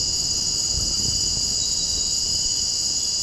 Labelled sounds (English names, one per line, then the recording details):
none
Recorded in secondary vegetation near Puerto Asís, Putumayo, Colombia, on 19 February 2024 at 02:30
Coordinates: 0.489, -76.322
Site G6419